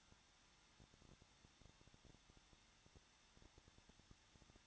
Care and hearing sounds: daily activity, microphone in the room; no activity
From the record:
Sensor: 3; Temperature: 21.2 degrees Celsius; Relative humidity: 36.4%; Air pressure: 1006.4 hPa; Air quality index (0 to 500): 223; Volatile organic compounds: 42 ppm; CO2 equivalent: 3185 ppm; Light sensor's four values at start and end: 2/3/2/2 and 2/3/2/2

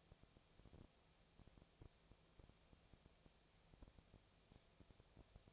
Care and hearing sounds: daily activity, microphone in the room; no activity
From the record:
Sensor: 1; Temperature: 19.8 degrees Celsius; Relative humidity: 37.9%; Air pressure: 998.8 hPa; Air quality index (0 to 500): 233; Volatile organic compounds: 134 ppm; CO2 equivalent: 3949 ppm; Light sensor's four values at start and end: 1/2/1/1 and 1/2/1/1

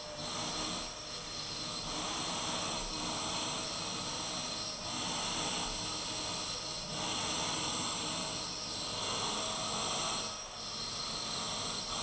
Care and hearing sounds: daily activity, microphone in the room; vacuum cleaning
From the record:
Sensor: 4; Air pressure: 991.8 hPa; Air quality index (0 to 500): 113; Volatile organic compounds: 20 ppm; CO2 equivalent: 2690 ppm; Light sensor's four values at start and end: 19/63/23/23 and 19/63/23/23

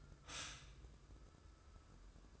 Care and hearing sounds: daily activity, microphone in the room; stop toaster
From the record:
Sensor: 2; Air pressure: 995.1 hPa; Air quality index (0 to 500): 55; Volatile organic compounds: 1 ppm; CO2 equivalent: 903 ppm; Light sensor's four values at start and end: 17/53/21/20 and 17/53/21/20

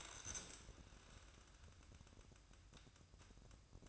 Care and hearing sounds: daily activity, microphone in the room; stand up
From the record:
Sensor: 2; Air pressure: 1004.9 hPa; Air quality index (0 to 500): 88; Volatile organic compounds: 2 ppm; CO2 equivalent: 1056 ppm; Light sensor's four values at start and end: 7/17/7/7 and 7/17/7/7

